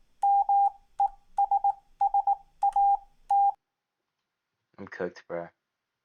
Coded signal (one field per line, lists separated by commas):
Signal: Morse code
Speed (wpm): 19 wpm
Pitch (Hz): 800 Hz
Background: speech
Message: MESSAT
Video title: Me sucking at solving morse code